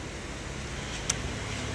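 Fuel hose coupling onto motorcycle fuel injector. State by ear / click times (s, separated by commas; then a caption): seated / 1.1 s. A fuel tube's quick-connect coupling is pushed onto the step on a Hero Splendor motorcycle's fuel injector until it locks. A single sharp click is heard at 1.1 s over steady low background noise, and the coupling is seated.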